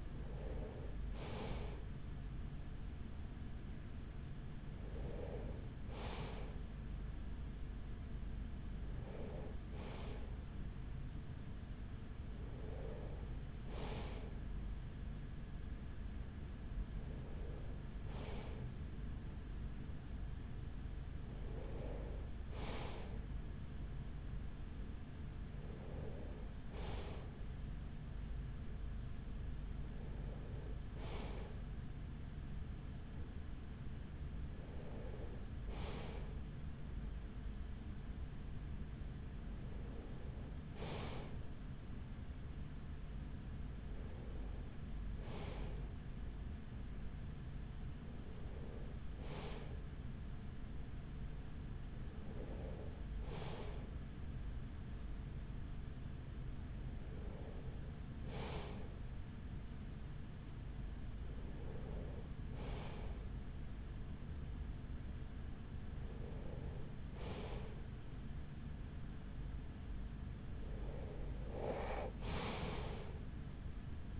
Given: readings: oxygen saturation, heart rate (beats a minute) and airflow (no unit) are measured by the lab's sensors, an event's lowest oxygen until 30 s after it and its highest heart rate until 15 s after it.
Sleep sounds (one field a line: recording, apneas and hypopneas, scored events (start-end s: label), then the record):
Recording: breathing in sleep by a smartphone at the bedside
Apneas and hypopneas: none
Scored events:
none scored
From the record:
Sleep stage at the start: N3 (deep sleep)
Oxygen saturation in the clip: 94 to 95%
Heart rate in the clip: 42 to 46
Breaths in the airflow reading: 17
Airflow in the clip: -7.8 to 5.9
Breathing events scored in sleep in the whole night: 207 in 7.6 hours asleep